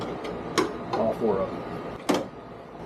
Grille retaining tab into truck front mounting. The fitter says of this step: Push this tab in so you can get it locked into place.